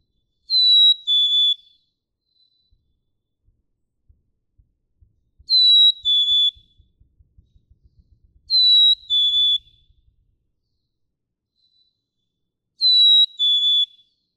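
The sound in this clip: Black-capped chickadee whistling its two-note fee-bee song four times, high note then lower note, with faint low tapping sounds through the middle.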